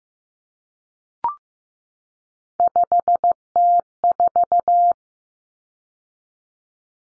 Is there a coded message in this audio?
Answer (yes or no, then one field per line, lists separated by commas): yes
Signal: Morse code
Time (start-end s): 2.6-4.9 s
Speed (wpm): 15 wpm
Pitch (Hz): 700 Hz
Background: none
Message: 5T4